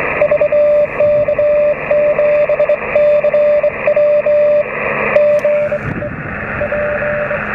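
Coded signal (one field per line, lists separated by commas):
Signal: Morse code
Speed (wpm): 23 wpm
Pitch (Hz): 590 Hz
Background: radio noise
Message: VK7CW GE P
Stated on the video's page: Night transmitting test on 80 and 160 metres with a coax cable magnetic loop antenna.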